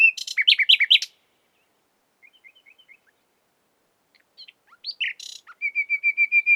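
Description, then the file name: Common nightingale song: quick loud chirping notes, soft scattered ticks, then a harsh burst followed by a steady series of repeated clear notes. "Luscinia megarhynchos"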